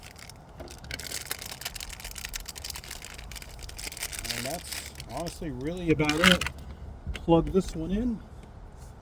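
An electrical wiring harness connector is handled as it is about to be plugged into a replacement air intake/MAP sensor on a truck engine, with a series of short, sharp crackles and taps in the first few seconds over a low background rumble. Someone then talks. The connector has not seated or clicked in yet.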